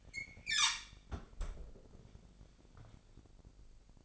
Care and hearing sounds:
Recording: daily activity, microphone in the room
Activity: close fridge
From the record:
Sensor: 5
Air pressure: 1007.9 hPa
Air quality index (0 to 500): 96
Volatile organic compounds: 1 ppm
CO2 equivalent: 750 ppm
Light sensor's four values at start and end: 45/102/43/45 and 42/97/41/42

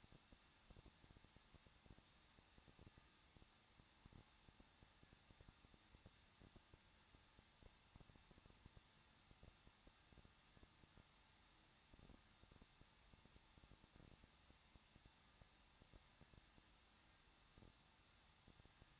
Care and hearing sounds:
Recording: daily activity, microphone in the room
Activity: no activity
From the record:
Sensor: 3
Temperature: 21.2 degrees Celsius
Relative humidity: 36.2%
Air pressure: 1006.4 hPa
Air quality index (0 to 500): 221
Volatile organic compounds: 40 ppm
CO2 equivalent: 3146 ppm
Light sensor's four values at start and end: 2/3/2/2 and 2/3/2/2

